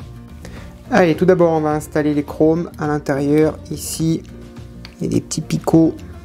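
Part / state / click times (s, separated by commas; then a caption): chrome trim piece into tailgate interior panel of scale model car / not seated / none. A small plastic chrome trim piece for the tailgate interior of a 1/8 scale Eaglemoss Ghostbusters Ecto-1 model car is handled over its locating pegs while someone talks over background music. A faint tick is heard at about 0.5 s. The piece has not been pressed home, and nothing has seated or clicked yet.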